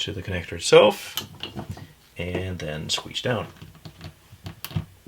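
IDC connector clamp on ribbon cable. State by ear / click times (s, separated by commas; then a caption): seated / 4.6 s. A plastic IDC connector on a flat ribbon cable is squeezed down with pliers while someone talks, followed by a few small ticks. The clamping piece's ears lock over the latch with a little click at 4.6 s, and the connector is seated.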